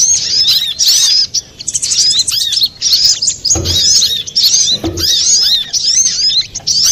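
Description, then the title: Little spiderhunter song in chattering bursts of high looping chirps; two dull low thumps sound in the middle. Master recording of the Labaik type, made for training cage birds. "Masteran Burung Sogok Ontong Labaik"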